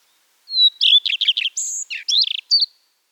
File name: Phoenicurus phoenicurus song